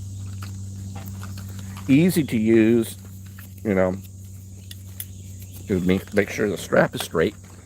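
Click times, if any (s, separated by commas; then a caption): none. A person fitting a chest holster harness on himself straightens the strap while handling the plastic side-release buckle, working the strap buckle tongue toward its buckle receiver. Someone talks over a steady low hum, with a few brief faint ticks around 0.4, 1.1, 1.2, 4.7 and 5.0 seconds. Nothing has seated or clicked yet.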